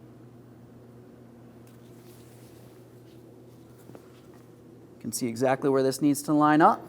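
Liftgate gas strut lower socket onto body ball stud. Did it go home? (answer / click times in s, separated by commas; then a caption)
no / none. The lower socket of a new liftgate gas strut for a 2007-2014 Ford Edge is positioned and lined up over the ball stud on the vehicle body before being pressed on, and nothing has seated or clicked yet. A steady low hum runs throughout, with a faint brief tick near 4.0 s, and someone talks from about 5 s.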